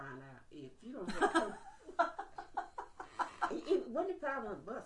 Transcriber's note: laughter